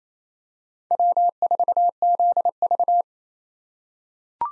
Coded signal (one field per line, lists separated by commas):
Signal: Morse code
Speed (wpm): 28 wpm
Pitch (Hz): 700 Hz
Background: none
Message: W4ZV